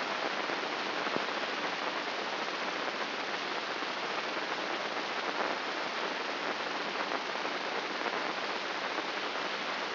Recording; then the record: brain microelectrode recording played as sound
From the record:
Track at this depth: outside the subthalamic nucleus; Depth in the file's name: 6.229 mm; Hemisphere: left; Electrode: 3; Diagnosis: Parkinson's disease